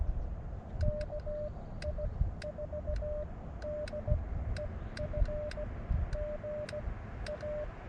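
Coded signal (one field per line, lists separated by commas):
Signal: Morse code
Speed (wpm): 16 wpm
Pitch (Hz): 600 Hz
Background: none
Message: KI4DEF GA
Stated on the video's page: CW Parks on the Air activation using an Elecraft KX2.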